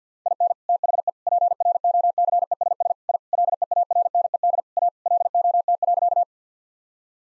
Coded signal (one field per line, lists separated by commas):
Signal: Morse code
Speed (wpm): 50 wpm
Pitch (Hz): 700 Hz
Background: none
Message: IN THE PROCESS I LEARNED A LOT.